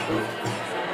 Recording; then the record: coughing mixed with background sound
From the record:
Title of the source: Cough Around the Clock!